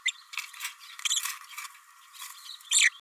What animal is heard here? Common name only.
Green-rumped Parrotlet